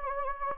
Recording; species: mosquito wingbeat signal from an infrared sensor; Anopheles gambiae